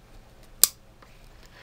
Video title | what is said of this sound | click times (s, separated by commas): FMA Ops-Core Maritime Helmet review | Both the same click. You know that's gonna be secure. | 0.6 s